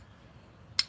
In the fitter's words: you can see that move and it locks in place.